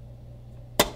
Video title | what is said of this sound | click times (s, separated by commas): Week #1, Bake Lab Equipment Demonstrations | where we're going to make sure and lock | 0.8 s